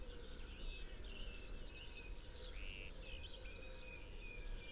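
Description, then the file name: Eurasian Blue Tit giving a run of several high, thin notes, flat and downslurred in turn, then a soft lower note and more high notes at the end. "Cyanistes caeruleus"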